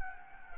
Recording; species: mosquito wingbeat signal from an infrared sensor; Anopheles gambiae